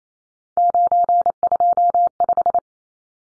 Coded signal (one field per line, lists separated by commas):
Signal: Morse code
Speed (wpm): 28 wpm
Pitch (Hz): 700 Hz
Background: none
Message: 925